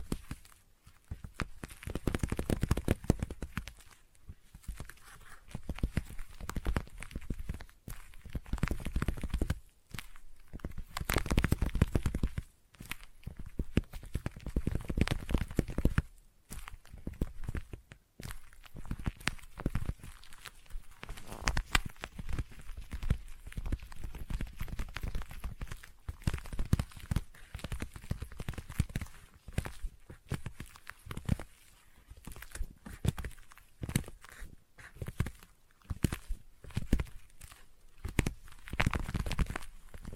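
Sticky tapping and crackling triggers run densely and unevenly throughout, with dull low thumps, sharp clicks and brief pauses around 12 and 17 seconds.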